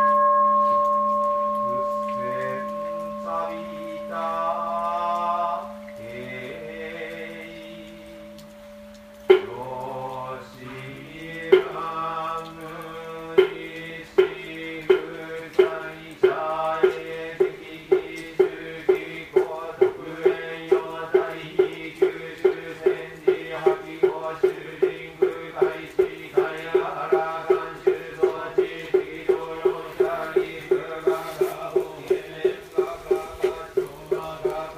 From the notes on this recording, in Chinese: 京都大原三千院往生極樂院在下午的誦經聲